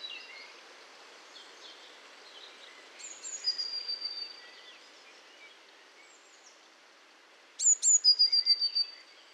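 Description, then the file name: Eurasian blue tit giving thin, very high calls, a short burst near the middle and a clearer rapid run of sharp notes near the end, over steady background hiss. "Cinciarella"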